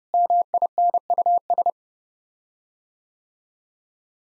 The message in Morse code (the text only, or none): MINUS